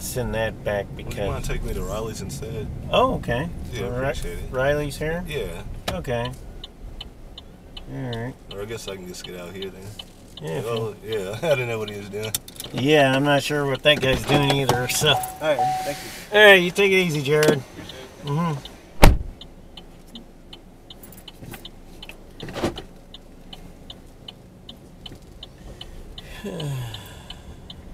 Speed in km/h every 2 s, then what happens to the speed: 21, 13, 6, 3, 0, 0, 0, 0, 0, 0, 0, 2, 3, 6.
0-7 slows to 0. 7-23 standing.